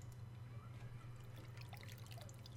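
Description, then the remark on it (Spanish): Water runs and trickles steadily, with scattered bright drips and splashes over a constant low hum, continuing without pause and with no voices. “Ahí va corriendo el agua.”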